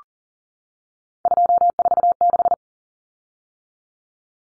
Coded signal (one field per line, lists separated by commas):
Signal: Morse code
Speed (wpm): 40 wpm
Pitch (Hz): 700 Hz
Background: none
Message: 246